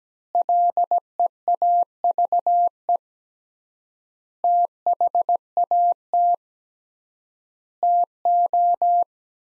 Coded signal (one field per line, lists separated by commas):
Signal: Morse code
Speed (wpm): 17 wpm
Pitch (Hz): 700 Hz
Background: none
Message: LEAVE THAT TO